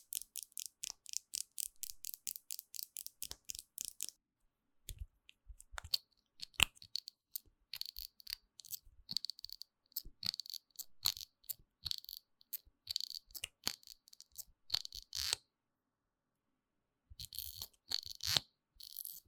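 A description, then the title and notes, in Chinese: Makeup being applied: quick bright brushing and tapping strokes, a steady rhythmic run first, then irregular clicks and scratches with brief pauses. 10分鐘快速上妝。Doing Your Makeup in 10 Minutes | NO Talking。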